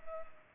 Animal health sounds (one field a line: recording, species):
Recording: mosquito wingbeat signal from an infrared sensor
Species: Culex pipiens